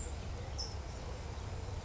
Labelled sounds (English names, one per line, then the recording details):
California Towhee
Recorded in Sonoma County, California